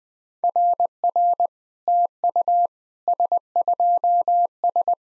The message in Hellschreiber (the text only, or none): none